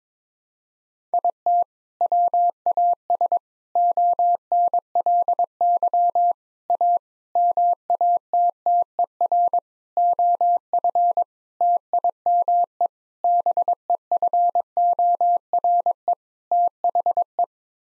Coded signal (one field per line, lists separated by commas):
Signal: Morse code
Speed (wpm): 22 wpm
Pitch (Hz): 700 Hz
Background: none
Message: IT WAS ONLY A MATTER OF TIME BEFORE THE